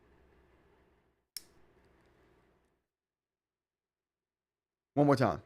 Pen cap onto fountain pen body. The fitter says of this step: And that snap, hold on. Can you hear this? Listen to this snap.